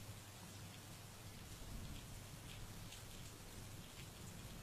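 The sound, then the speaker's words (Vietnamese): Steady rain falls on a riverside village in an even, continuous hiss, with scattered droplet patters on top and a low rumbling undertone throughout; no voices are present. “thích thú nằm đắp chăn, nghe tiếng mưa rơi.”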